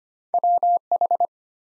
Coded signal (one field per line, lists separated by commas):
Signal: Morse code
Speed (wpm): 25 wpm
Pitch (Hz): 700 Hz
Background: none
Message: WH